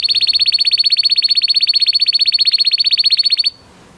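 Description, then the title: Belgian canary delivering one rapid, very even high trill of evenly spaced pulses for about three and a half seconds, then stopping. Male Belgian canary singing a lot, for training and warming up young canaries. "Esquente Seu Filhote E Canario Belga Macho Cantando Muito. Canary 's song for training"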